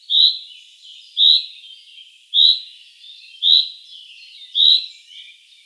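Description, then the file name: Common chaffinch repeating a sharp, high call roughly every second. "Fringilla coelebs"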